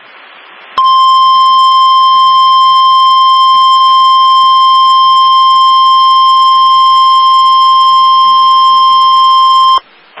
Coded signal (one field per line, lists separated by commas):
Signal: Emergency Alert System (SAME) tones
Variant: 1050 Hz attention tone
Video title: Severe Thunderstorm Watch On WXM25 10/9/21 (EAS #930)